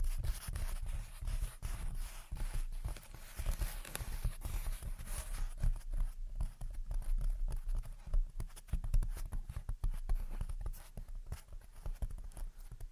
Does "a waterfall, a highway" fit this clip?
no